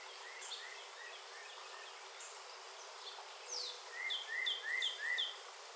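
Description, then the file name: Northern cardinal giving a run of four short slurred whistled notes near the end, evenly spaced, over a steady insect hum and faint, scattered calls from other birds. Recorded in St. Louis on 15 July 2017. "NOCA St L"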